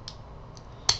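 The sliding door of a Carriere SLX orthodontic bracket is pushed toward the fully open position past its "speed bump" detent. Two faint ticks sound at 0.1 s and 0.6 s, then a sharp, bright click at 0.9 s as the door goes over the detent and snaps fully open.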